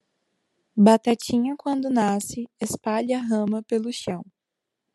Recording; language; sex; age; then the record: short text; Brazilian Portuguese; female; 20 to 29 years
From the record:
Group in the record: control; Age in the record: 20 years